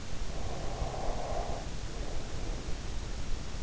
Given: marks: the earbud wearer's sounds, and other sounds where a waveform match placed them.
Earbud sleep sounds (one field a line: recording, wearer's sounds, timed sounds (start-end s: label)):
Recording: sounds in sleep by an in-ear microphone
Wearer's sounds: breath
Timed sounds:
0.23-3.59 s: breath